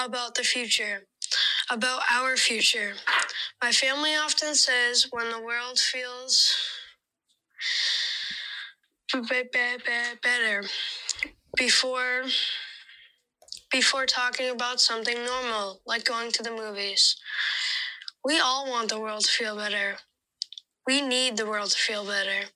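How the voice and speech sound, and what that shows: A 13-year-old boy who stutters speaks in a clear, fairly high voice at the Democratic National Convention. His speech is broken by part-word repetitions on a 'b' sound, a restarted word, and pauses before words.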